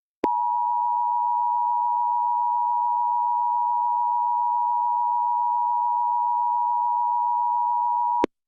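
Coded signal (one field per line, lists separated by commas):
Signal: Emergency Alert System (SAME) tones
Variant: 853 and 960 Hz attention tone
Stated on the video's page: Fictional scenario alert, simulated rather than real.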